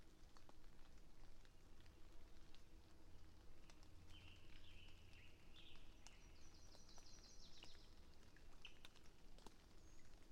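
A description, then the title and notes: A passing thunderstorm fills the clip with a steady low rumble that holds throughout, beneath a constant hiss of background noise. Birds sing short, bright phrases from about four to eight seconds, and scattered faint ticks and clicks come and go. Passing Thunderstorm East Of Bear Mountain. A late spring afternoon in a small stand of Quaking Aspen growing beneath tall Ponderosa Pines beside a seasonally flooded meadow located east of Bear Mountain in Shasta-Trinity National Forest, Siskiyou County, California.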